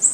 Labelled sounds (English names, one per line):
Golden-winged Warbler flight call